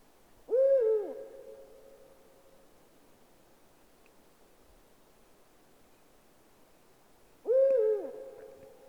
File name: puchacz zwyczajny Bubo bubo